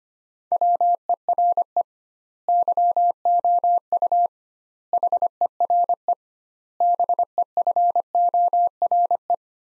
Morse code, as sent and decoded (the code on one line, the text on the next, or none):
.-- . .-. . / -.-- --- ..- / .... . .-. . / -... . ..-. --- .-. .
WERE YOU HERE BEFORE